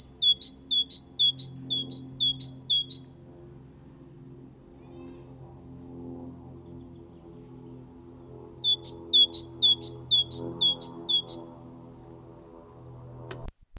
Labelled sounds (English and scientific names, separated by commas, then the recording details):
Great Tit (Parus major) song
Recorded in the wild
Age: adult
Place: Kaiserslautern, Rheinland-Pfalz, DE
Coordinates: 49.4372, 7.80972
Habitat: garden
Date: 1975-05-03 15:30
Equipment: Nagra IV, Sennheiser MKH 405, Parabolreflektor
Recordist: Tretzel, Erwin